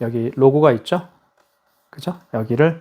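Someone talks while handling the plastic paper cover of a KMC-C600Q wireless card payment terminal after loading a new thermal paper roll, about to press its centre on the logo to close it. The cover has not yet snapped shut and nothing has seated or clicked in this clip. A sharp snap would follow once it closes, meaning the paper was changed correctly.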